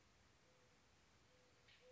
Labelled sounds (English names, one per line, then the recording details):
Mourning Dove
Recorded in Sonoma County, California